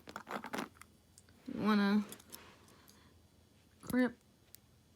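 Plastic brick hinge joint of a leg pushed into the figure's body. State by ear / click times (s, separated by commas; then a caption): not seated / none. A large LEGO brick-built figure is handled as the plastic brick hinge joint of a leg is brought up to be pushed into the figure's body, with soft plastic taps and rustles while someone talks. Nothing has seated or clicked yet.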